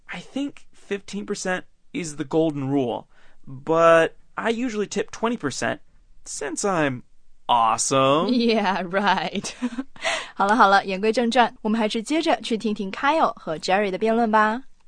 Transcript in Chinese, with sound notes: I think 15% is the golden rule, but I usually tip 20%, since I'm ...awesome!
Yeah right. (两人笑) 好了好了，言归正传，我们还是接着去听听 Kyle 和 Jerry 的辩论吧!